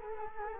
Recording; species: mosquito wingbeat signal from an infrared sensor; Culex quinquefasciatus